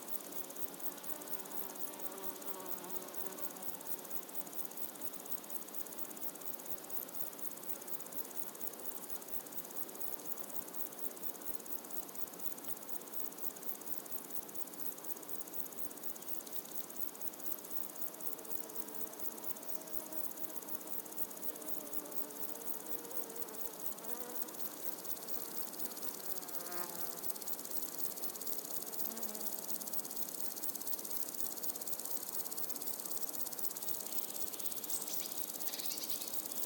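Insects hum and buzz steadily through a warm summer morning, a dense high hiss running from start to finish and growing slightly louder after about 25 seconds. Birds chirp and warble faintly underneath, with a brief rapid trill near 27 seconds.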